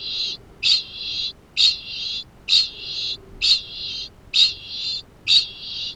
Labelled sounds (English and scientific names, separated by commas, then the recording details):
Kākāpō (Strigops habroptilus) ching call
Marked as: faintness 2/5
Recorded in New Zealand
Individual Arab